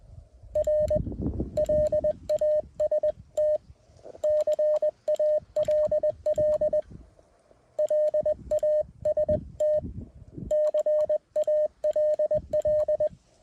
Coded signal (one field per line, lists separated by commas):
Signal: Morse code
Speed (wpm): 20 wpm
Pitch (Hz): 610 Hz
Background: none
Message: R LAST CALL LAST CALL